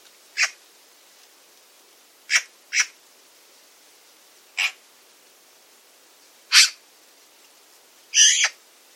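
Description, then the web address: Bird calls, short sharp high chirps repeated six times at irregular intervals, the last one longer and doubled, over quiet background. "cianscape birddata Deverinetal 2025"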